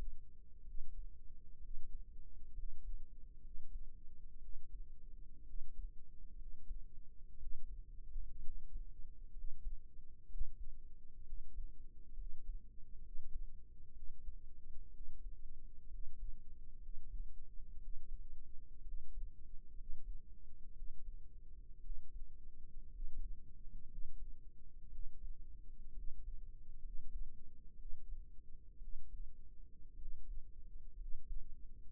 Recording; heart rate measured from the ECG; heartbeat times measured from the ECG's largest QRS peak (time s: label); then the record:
heart sounds by microphone in the right ear; 61 bpm
0.63 s: heartbeat
1.59 s: heartbeat
2.53 s: heartbeat
3.40 s: heartbeat
4.39 s: heartbeat
5.44 s: heartbeat
6.35 s: heartbeat
7.37 s: heartbeat
8.40 s: heartbeat
9.32 s: heartbeat
10.26 s: heartbeat
11.23 s: heartbeat
12.14 s: heartbeat
13.00 s: heartbeat
13.93 s: heartbeat
14.91 s: heartbeat
15.88 s: heartbeat
16.79 s: heartbeat
17.78 s: heartbeat
18.82 s: heartbeat
19.74 s: heartbeat
20.73 s: heartbeat
21.80 s: heartbeat
22.90 s: heartbeat
23.86 s: heartbeat
24.89 s: heartbeat
25.93 s: heartbeat
26.80 s: heartbeat
27.76 s: heartbeat
28.78 s: heartbeat
29.96 s: heartbeat
30.95 s: heartbeat
From the record:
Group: healthy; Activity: rest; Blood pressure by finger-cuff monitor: 106/64 mmHg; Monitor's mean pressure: 78 mmHg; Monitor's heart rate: 62 bpm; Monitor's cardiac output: 5.6 L/min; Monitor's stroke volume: 91 mL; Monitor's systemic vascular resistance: 1000 dyn s/cm5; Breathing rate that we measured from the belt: 17 breaths a minute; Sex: male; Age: 22 years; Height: 181 cm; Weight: 79 kg